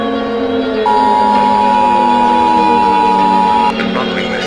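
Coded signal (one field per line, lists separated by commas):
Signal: Emergency Alert System (SAME) tones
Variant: 853 and 960 Hz attention tone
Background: music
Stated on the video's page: Fictional EAS scenario, not a real broadcast.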